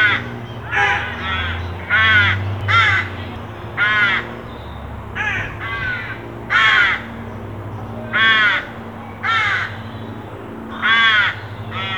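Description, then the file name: Carrion crow calling repeatedly, a long series of harsh, grating caws in quick irregular bursts, over a steady low hum. "Corvus corone"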